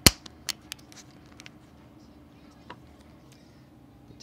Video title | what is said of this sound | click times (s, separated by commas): Power Wheels switch cleaning F150 shifter 12 volt | tabs snap back into their holes | 0.1 s